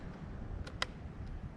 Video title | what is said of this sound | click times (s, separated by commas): Craftsman S205 Chainsaw Review | pull the choke out you'll hear a click when this handle locks down there | 0.8 s